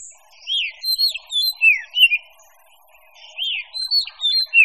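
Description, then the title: Mixed birdsong with arched whistled notes and quick chirps, a short lull midway before the swooping whistles and high twitters resume. "manuk campur"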